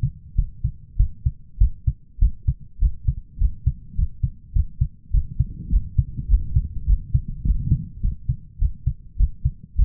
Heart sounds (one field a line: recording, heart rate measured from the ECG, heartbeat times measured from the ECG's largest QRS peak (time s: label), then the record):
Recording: heart sounds by stethoscope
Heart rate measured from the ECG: 102 bpm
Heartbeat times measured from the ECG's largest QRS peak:
0.35 s: heartbeat
0.96 s: heartbeat
1.58 s: heartbeat
2.19 s: heartbeat
2.79 s: heartbeat
3.38 s: heartbeat
3.95 s: heartbeat
4.53 s: heartbeat
5.11 s: heartbeat
5.70 s: heartbeat
6.28 s: heartbeat
6.86 s: heartbeat
7.44 s: heartbeat
8.01 s: heartbeat
8.59 s: heartbeat
9.17 s: heartbeat
9.76 s: heartbeat
From the record:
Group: healthy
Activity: rest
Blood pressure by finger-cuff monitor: 139/99 mmHg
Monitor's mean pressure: 111 mmHg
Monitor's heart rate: 103 bpm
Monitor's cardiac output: 7.9 L/min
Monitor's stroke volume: 78 mL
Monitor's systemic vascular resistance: 1040 dyn s/cm5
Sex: male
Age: 23 years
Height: 179 cm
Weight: 87 kg